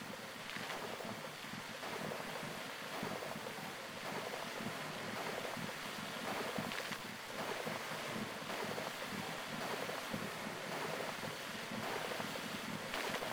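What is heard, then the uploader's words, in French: Waves wash steadily over a pebble beach, a dense continuous rush with brief bright surges every second or two and some wind noise. Plage de galets, eau couleur jade, le rythme des vagues n'est pas sérieux, replié sur lui-même pour mettre en valeur le timbre.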